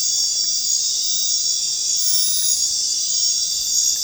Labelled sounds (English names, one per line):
none